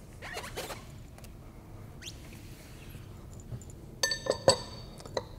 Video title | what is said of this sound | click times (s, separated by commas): DIY - Wheel Spacer Install and Torquing | see that I'm able to rock this 10 millimeter spacer back and forth that's because it's not seated all the way | 4.0 s, 4.3 s, 5.2 s